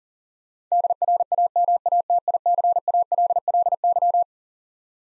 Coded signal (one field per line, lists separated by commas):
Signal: Morse code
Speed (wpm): 40 wpm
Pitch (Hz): 700 Hz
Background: none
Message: DRAMATICALLY